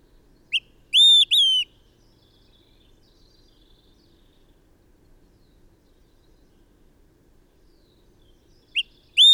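Bird calling with a quick tick followed by two strong, clear whistled notes, then quiet until the phrase begins again at the close.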